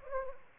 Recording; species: mosquito wingbeat signal from an infrared sensor; Anopheles gambiae